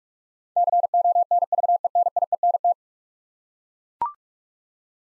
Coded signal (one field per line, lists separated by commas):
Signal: Morse code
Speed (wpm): 41 wpm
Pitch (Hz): 700 Hz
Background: none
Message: CONVENIENT